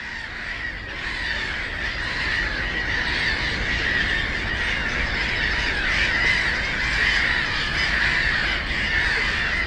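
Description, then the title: Black-headed gulls calling in a dense colony chorus, harsh overlapping cries without pause, over a steady low rumble. Black-headed gulls, the loudest birds at ponds in a converted post-coal-mining nature area in Bytom, Poland; nearby national road and railway noise; recorded with Zoom F4 and AT BP4025. "Żabie Doły, Bytom, Polska - Black-headed gulls at Frog Ponds complex"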